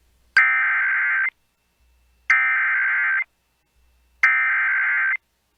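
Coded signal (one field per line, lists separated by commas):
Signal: Emergency Alert System (SAME) tones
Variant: header bursts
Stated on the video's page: NOAA Weather Radio alerts for a derecho hitting central Iowa and Des Moines.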